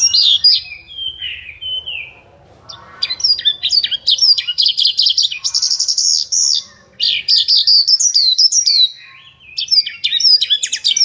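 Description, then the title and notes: Bird song: a few high whistles and a dropping phrase, then long bursts of fast buzzy twittering broken by brief pauses. Bird song for training pet birds. "Suara Burung. Suara Kicauan Burung untuk memaster burung kesayangan"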